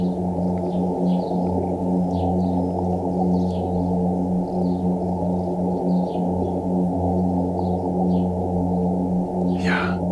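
A midshipman fish's long, unbroken underwater hum, a low, steady buzzing drone with rich harmonics that holds for the whole stretch, with faint scattered clicks and chirps above it.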